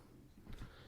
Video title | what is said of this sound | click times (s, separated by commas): Ungrownups Video Transmission: Hot Toys MMS 174 Marvel's Avengers Captain America | right back here and I will unsnap it | 0.5 s